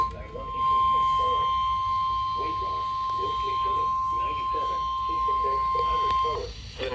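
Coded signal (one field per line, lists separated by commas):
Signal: Emergency Alert System (SAME) tones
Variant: 1050 Hz attention tone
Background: speech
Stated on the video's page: Real alerts, including severe thunderstorm warnings, captured across Southeast Georgia and Southern South Carolina from NOAA Weather Radio and recorded on iPhones.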